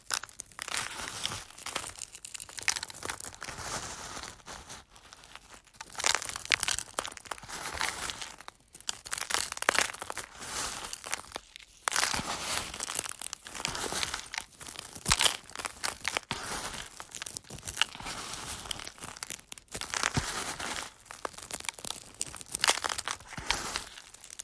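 Crisp crunching of eggshells, broken and crushed in quick, irregular bursts throughout. The crackles are bright and sharp, dense at times, with brief quiet gaps near 9 and 12 seconds.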